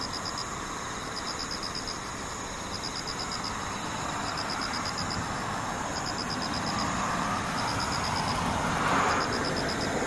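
An insect trills in short, rapid bursts about every second and a half over a steady low rumble of traffic, with a vehicle swelling near the end.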